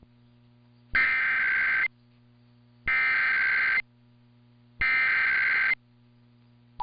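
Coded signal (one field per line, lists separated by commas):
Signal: Emergency Alert System (SAME) tones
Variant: header bursts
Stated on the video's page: Weekly and monthly EAS tests (RWTs and RMTs).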